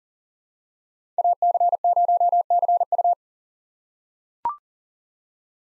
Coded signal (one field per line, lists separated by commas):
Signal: Morse code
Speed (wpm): 40 wpm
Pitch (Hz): 700 Hz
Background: none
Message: AC0CU